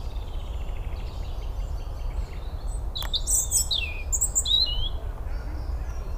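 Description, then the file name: European robin giving a short burst of thin, high, varied notes and trills midway, over steady low rumbling background noise. "Erithacus rubecula"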